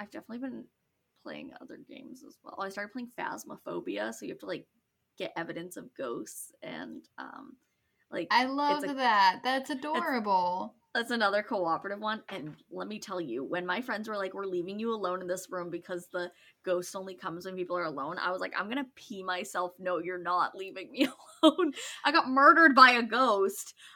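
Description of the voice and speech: Two adult women talk casually and quickly, trading lively remarks with laughter-like emphasis. Articulation, voice quality and fluency are ordinary, with only natural fillers and brief pauses. This is typical adult conversational speech.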